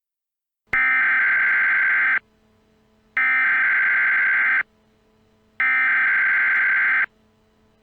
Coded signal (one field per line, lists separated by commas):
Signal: Emergency Alert System (SAME) tones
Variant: header bursts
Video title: Eas Scenario: 3am (the devil's hour)